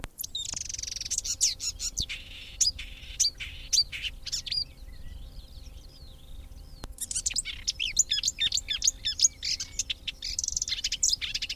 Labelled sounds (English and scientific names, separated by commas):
Marsh Warbler (Acrocephalus palustris)